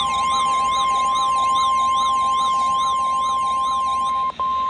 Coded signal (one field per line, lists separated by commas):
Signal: Emergency Alert System (SAME) tones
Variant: 1050 Hz attention tone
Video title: EAS #3363-3366 Severe Thunderstorm Warning (7-10-25)